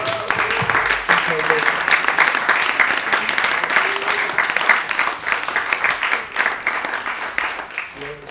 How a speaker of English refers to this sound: Thank you. Can I have just a clap for everybody, just for yourself?